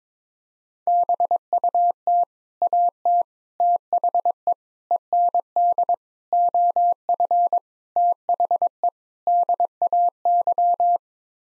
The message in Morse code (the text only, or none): BUT AT THE END OF THE DAY